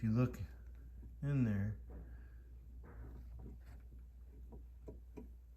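Someone talks while an H11 Auxito LED headlight bulb is positioned into the headlamp housing socket of a Ford Fiesta SE, lining up the small nubs on the bottom before it is twisted to lock. Soft handling ticks and scrapes follow, with a slightly sharper tap at 4.9 s. The bulb has not been rotated or clicked into place yet.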